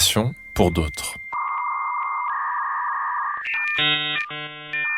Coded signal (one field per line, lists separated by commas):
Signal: dial-up modem handshake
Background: speech